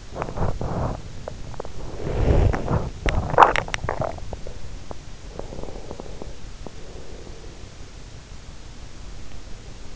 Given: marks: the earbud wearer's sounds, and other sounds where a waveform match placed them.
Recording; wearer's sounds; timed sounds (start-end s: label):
sounds in sleep by an in-ear microphone; teeth grinding, body movement, swallowing, breath
0.00-1.20 s: teeth grinding
1.20-3.11 s: body movement
2.68-4.20 s: swallowing
4.32-5.04 s: swallowing
5.29-7.59 s: breath